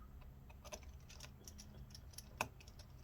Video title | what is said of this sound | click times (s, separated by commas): iPhone 7 Plus + Screen and Battery Replacement Repair Fix | okay and then i also if you notice i twist it backwards first so that way you hear the click | 2.4 s